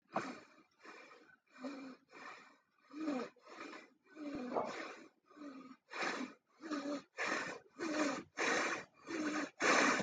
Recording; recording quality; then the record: shallow breathing; excellent, no background noise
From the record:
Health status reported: healthy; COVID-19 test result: not tested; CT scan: not taken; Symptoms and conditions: none ticked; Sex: male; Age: 47 years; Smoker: no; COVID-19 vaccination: both doses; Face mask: not worn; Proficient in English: yes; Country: India